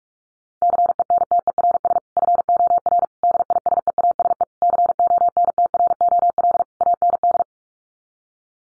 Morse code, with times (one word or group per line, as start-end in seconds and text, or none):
0.6-2.0 CENTERS
2.2-3.0 FOR
3.2-4.4 DISEASE
4.6-6.6 CONTROL
6.8-7.4 AND